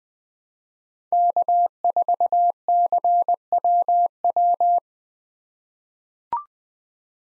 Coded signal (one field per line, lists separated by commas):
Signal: Morse code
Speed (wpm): 20 wpm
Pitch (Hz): 700 Hz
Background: none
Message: K4CWW